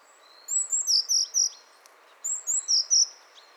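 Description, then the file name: Eurasian blue tit repeating the same phrase twice, about two seconds apart: high, thin introductory notes running into a fast series of lower ringing notes. "Cyanistes caeruleus"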